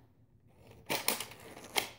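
A plastic dart magazine is pushed into the magazine well of a Nerf Rampage foam-dart blaster from 2015. After a scraping slide, two sharp clicks ring out at 1.1 s and 1.8 s, and the magazine is seated.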